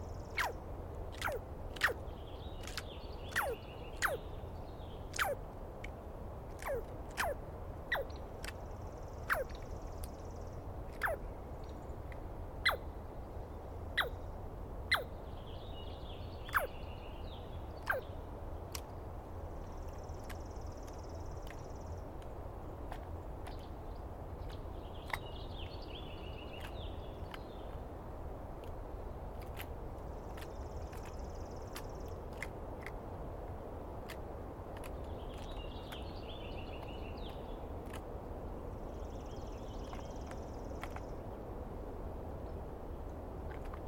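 A Douglas pine squirrel gives sharp, rapid clicking calls, dense early then sparse, while a bird sings every few seconds over low rumble.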